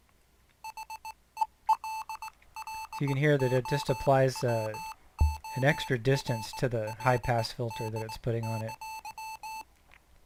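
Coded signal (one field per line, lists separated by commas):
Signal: Morse code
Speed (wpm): 18 wpm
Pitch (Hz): 880 Hz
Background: speech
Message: HELLO WORLD!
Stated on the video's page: Morse from a Unity game asset, keyed by selectable iambic paddle or straight key, with loss-of-signal and jammer zones.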